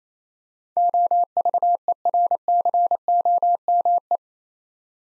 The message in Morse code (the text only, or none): OVERCOME